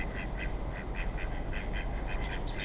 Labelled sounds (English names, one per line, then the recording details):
Mallard
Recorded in Germany
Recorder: ecoPi